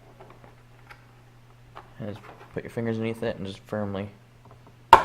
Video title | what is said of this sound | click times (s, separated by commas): How to install light pods in tow mirrors (2015+ Duramax's) | underneath, and you can hear it pop. Just | 4.9 s